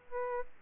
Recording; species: mosquito wingbeat signal from an infrared sensor; Aedes aegypti